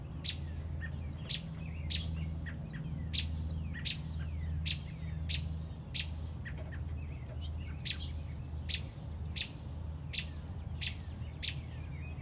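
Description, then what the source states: Robin giving sharp, high chirps about every second, with faint thin whistled notes between them over a steady low hum. Mother robin protecting a newly hatched chick on a front porch.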